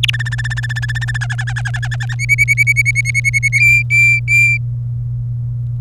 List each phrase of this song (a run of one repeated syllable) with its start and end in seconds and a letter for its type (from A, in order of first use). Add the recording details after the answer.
0.03-0.10 A, 0.13-1.18 B, 1.21-2.15 C, 2.19-3.48 D, 3.52-4.57 E. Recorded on 27 April 2018 at 15:44. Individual llb3